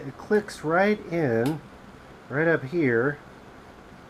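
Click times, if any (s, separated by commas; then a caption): none. A microSD card is handled near the DVR card slot on a pair of FPV goggles while someone talks over a quiet background. The card has not clicked into the slot yet, and nothing has seated.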